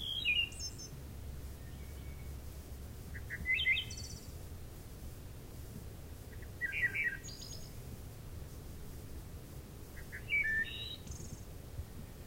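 Wood thrush singing: repeated phrases about every three seconds, soft grace notes leading into a bell-like warble that ends in a high, buzzy flourish.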